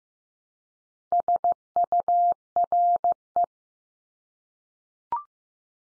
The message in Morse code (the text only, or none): SURE